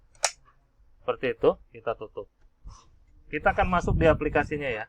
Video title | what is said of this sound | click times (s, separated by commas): Scanner Canon Canoscan 4200F Bisa Scan Klise Negative dengan holder h endrasp shopee | Baru Anda pencet di sudut kirinya sampai suara klik | 0.2 s